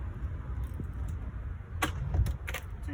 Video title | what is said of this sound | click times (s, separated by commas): Installing New Grills on BMW e93 M3 | you hear the snap once you hear that snap do you know | 1.8 s, 2.5 s